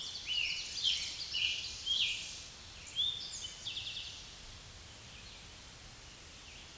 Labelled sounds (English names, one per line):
Eastern Towhee song